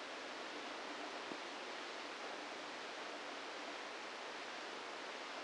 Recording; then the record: brain microelectrode recording played as sound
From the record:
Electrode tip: inside the subthalamic nucleus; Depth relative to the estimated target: 0 mm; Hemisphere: left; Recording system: NeuroSet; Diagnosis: Parkinson's disease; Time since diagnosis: 27 years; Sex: male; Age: 62 years